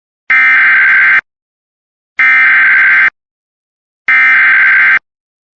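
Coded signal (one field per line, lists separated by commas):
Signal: Emergency Alert System (SAME) tones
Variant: header bursts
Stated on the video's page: Severe thunderstorm warning on a NOAA Weather Radio transmitter for the Pittsburgh area.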